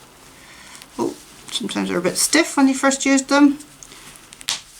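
A plastic press-stud is squeezed with pliers through the fabric of a reusable pad's wing while someone talks, with several small presses before a sharp final click at 4.5 s. The snap is crimped home and seated.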